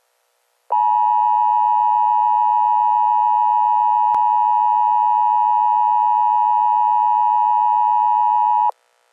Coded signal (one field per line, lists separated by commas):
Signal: Emergency Alert System (SAME) tones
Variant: 853 and 960 Hz attention tone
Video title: EAS Wind Advisory Watch Florida Counties